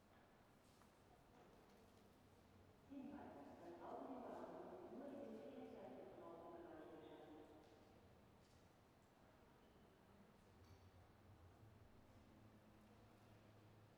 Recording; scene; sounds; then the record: everyday scene through a hearing-aid microphone; reverberant space; announcement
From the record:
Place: railway station hall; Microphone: behind the ear, right, front